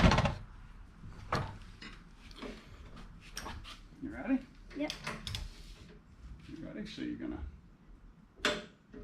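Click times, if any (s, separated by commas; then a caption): 8.5 s. A click-type torque wrench set to 50 ft-lb is pulled on the spindle nut of a Colman KT 196 go-kart, where the front tire has been removed and an HD spindle installed as a replacement. People talk while scattered knocks sound, until the wrench gives a single loud click at 8.5 s. The torque is confirmed good at 50 ft-lb.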